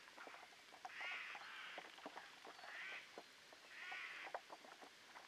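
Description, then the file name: Eurasian jay giving a few drawn-out harsh, noisy screeches, spaced irregularly, amid scattered clicks and crackles. "Garrulus glandarius"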